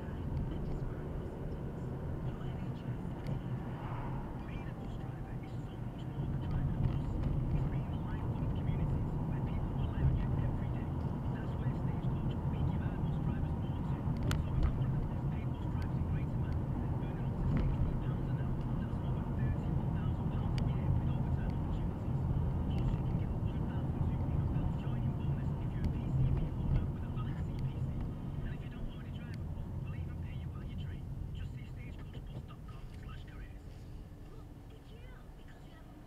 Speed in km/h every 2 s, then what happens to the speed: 37, 32, 35, 32, 34, 34, 32, 31, 31, 32, 35, 34, 24, 23, 18, 11, 6, 6.
0-22 steady at about 32. 22-32 slows to 6.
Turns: none.